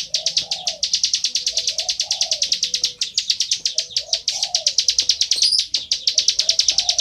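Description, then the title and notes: Bar-winged prinia giving a fast, unbroken run of sharp, buzzy chipping notes, with softer low notes in the background. Continuous calling style (ngebren), used as tutor audio (masteran) for training white-rumped shamas. "Ciblek Ngebren Untuk Masteran Murai Batu. Suara burung ciblek"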